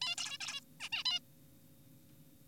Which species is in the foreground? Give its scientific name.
Taeniopygia guttata